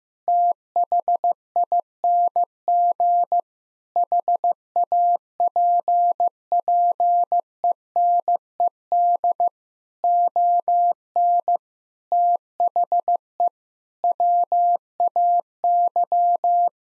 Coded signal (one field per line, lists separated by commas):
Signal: Morse code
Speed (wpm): 15 wpm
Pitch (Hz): 700 Hz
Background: none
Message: THING HAPPENED ON THE WAY